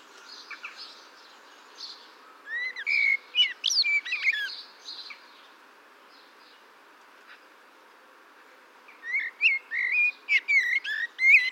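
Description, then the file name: Eurasian blackbird song: two bursts of varied whistled and chirping phrases separated by a quiet gap of several seconds, with faint background noise. "Turdus merula"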